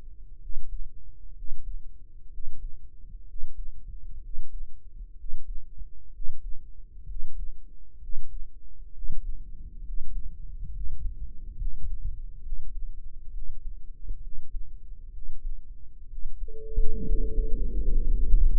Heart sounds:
heart sounds by microphone in the right ear; 65 bpm
0.38 s: heartbeat
1.33 s: heartbeat
2.29 s: heartbeat
3.25 s: heartbeat
4.20 s: heartbeat
5.15 s: heartbeat
6.11 s: heartbeat
7.06 s: heartbeat
7.99 s: heartbeat
8.91 s: heartbeat
9.82 s: heartbeat
10.71 s: heartbeat
11.56 s: heartbeat
12.41 s: heartbeat
13.31 s: heartbeat
14.20 s: heartbeat
15.10 s: heartbeat
16.07 s: heartbeat
17.03 s: heartbeat
17.88 s: heartbeat
From the record:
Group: healthy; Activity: rest 0-16 s, Valsalva maneuver 16-19 s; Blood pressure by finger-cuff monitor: 114/65 mmHg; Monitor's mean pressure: 84 mmHg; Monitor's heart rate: 63 bpm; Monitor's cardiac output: 7.3 L/min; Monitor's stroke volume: 115 mL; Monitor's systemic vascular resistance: 820 dyn s/cm5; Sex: male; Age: 23 years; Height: 178 cm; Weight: 96.6 kg

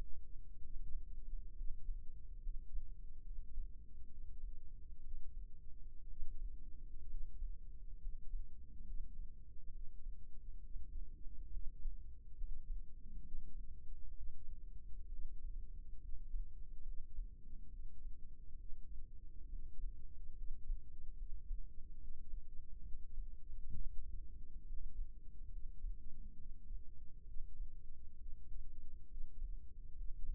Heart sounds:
heart sounds by microphone in the left ear; 67 bpm
0.63 s: heartbeat
1.57 s: heartbeat
2.43 s: heartbeat
3.25 s: heartbeat
4.10 s: heartbeat
5.04 s: heartbeat
6.09 s: heartbeat
7.10 s: heartbeat
8.01 s: heartbeat
8.86 s: heartbeat
9.73 s: heartbeat
10.62 s: heartbeat
11.53 s: heartbeat
12.38 s: heartbeat
13.24 s: heartbeat
14.15 s: heartbeat
15.11 s: heartbeat
16.02 s: heartbeat
16.86 s: heartbeat
17.72 s: heartbeat
18.59 s: heartbeat
19.51 s: heartbeat
20.38 s: heartbeat
21.19 s: heartbeat
22.01 s: heartbeat
22.84 s: heartbeat
23.73 s: heartbeat
24.67 s: heartbeat
25.52 s: heartbeat
26.38 s: heartbeat
27.27 s: heartbeat
28.19 s: heartbeat
29.10 s: heartbeat
29.97 s: heartbeat
From the record:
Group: healthy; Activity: rest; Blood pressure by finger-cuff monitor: 68/47 mmHg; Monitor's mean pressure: 55 mmHg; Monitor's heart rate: 69 bpm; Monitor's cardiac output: 5.8 L/min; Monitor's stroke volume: 86 mL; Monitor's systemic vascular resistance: 660 dyn s/cm5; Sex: male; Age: 22 years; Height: 181 cm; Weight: 79 kg

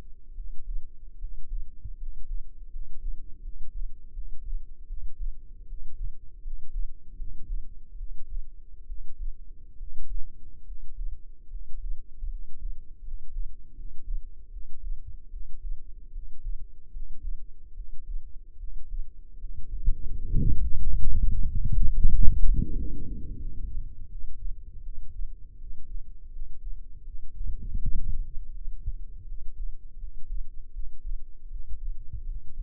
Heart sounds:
heart sounds by microphone in the left ear; 79 bpm
0.33 s: heartbeat
1.17 s: heartbeat
1.96 s: heartbeat
2.69 s: heartbeat
3.41 s: heartbeat
4.12 s: heartbeat
4.86 s: heartbeat
5.66 s: heartbeat
6.41 s: heartbeat
7.15 s: heartbeat
7.96 s: heartbeat
8.85 s: heartbeat
9.76 s: heartbeat
10.63 s: heartbeat
11.48 s: heartbeat
12.27 s: heartbeat
13.01 s: heartbeat
13.73 s: heartbeat
14.49 s: heartbeat
15.29 s: heartbeat
16.11 s: heartbeat
16.90 s: heartbeat
17.73 s: heartbeat
18.56 s: heartbeat
19.37 s: heartbeat
20.12 s: heartbeat
20.80 s: heartbeat
21.45 s: heartbeat
22.09 s: heartbeat
22.74 s: heartbeat
23.37 s: heartbeat
24.08 s: heartbeat
24.81 s: heartbeat
25.57 s: heartbeat
26.29 s: heartbeat
27.02 s: heartbeat
27.79 s: heartbeat
28.52 s: heartbeat
29.25 s: heartbeat
29.97 s: heartbeat
30.71 s: heartbeat
31.48 s: heartbeat
32.24 s: heartbeat
From the record:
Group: healthy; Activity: rest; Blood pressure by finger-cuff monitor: 103/75 mmHg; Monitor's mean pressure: 82 mmHg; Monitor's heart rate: 79 bpm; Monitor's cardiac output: 5.6 L/min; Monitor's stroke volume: 72 mL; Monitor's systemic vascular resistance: 1050 dyn s/cm5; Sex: male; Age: 21 years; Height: 170 cm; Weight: 71 kg

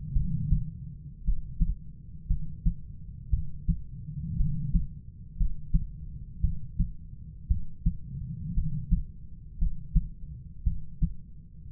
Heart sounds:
heart sounds by stethoscope; 57 bpm
0.13 s: heartbeat
1.24 s: heartbeat
2.27 s: heartbeat
3.30 s: heartbeat
4.36 s: heartbeat
5.37 s: heartbeat
6.41 s: heartbeat
7.47 s: heartbeat
8.54 s: heartbeat
9.58 s: heartbeat
10.63 s: heartbeat
11.70 s: heartbeat
From the record:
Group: healthy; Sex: female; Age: 37 years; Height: 168 cm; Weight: 70 kg

